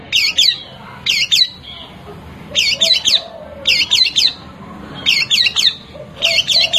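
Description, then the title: Long-tailed shrike song: bursts of sharp, high chirping notes in tight clusters, separated by short pauses, with faint lower warbles in the background. Combination song style. "Cendet Kombinasi"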